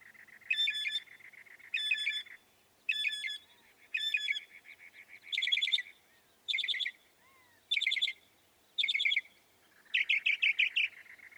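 Northern mockingbird song: a series of harsh, buzzy bursts, with a few whistled slurs between them.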